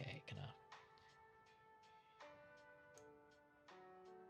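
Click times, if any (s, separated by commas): 3.0 s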